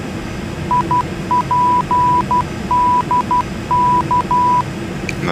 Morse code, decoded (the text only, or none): IPDK